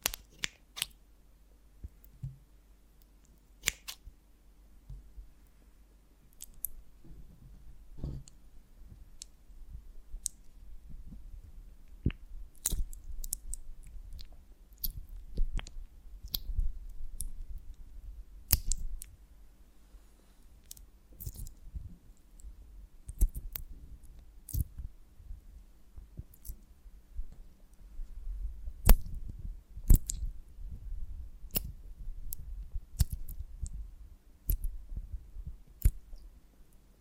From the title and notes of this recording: ASMR of a Honeycomb on Branch (No Talking).